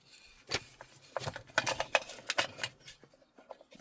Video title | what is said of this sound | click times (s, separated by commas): How not to kill your Tesla screen!!🤦‍♂️ And how I fixed it😀🔧🛠️ | Let's install the connector. Positive click. | 2.0 s